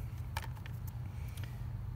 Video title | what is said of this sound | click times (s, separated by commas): CB300R battery weight & install | once once and you can feel that you can hear it and also feel it once that happens you could you | 0.4 s